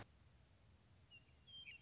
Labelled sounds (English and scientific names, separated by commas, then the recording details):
Western Meadowlark (Sturnella neglecta)
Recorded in Sonoma County, California